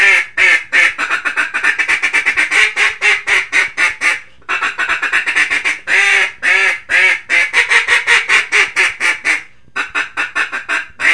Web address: Duck Mallard